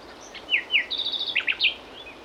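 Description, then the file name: Common nightingale song phrase: varied short notes, a fast string of high short notes, then several loud slurred notes, all in a dense burst of about one and a half seconds. "Luscinia megarhynchos"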